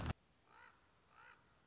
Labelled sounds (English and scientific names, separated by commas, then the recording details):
Common Raven (Corvus corax)
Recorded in Sonoma County, California